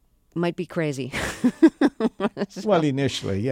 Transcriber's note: soundbite of laughter